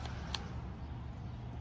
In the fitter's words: and there's a nice positive click it feels it is in there pretty good